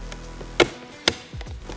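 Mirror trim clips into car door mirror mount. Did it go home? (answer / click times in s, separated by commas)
yes / 0.6 s, 1.1 s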